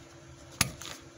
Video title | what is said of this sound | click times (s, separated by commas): 2007 Toyota Camry: Hybrid Power Pack (Replacement) Video - 2 (Codes: P0A80; P3011- P3014; P3020 etc) | Just slide this in. Just slot in. You hear the click? | 0.6 s